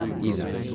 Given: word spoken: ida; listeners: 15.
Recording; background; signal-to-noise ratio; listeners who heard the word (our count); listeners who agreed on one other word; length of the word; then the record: one Spanish word in noise, from a listening test; eight-talker babble; 0.7 dB; 0 of 15; 10 of 15; 0.35 s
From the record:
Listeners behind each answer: 10, 1, 1, 1, 1, 1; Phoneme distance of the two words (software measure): 7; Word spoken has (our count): 2 syllables, 3 phonemes, stress on syllable 1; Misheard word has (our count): 2 syllables, 4 phonemes, stress on syllable 1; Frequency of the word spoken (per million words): 12.17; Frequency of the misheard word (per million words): 2.26